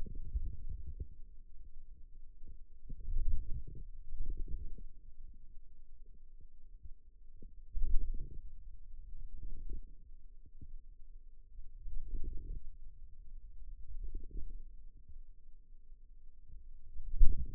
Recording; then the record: forearm muscle sounds (acoustic myography)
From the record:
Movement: wrist flexion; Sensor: system 2, bracelet of six BSWA MPA416 microphones around the upper forearm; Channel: 2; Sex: male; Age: 22 years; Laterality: right